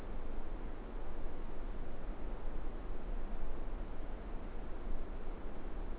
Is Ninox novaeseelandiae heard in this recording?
no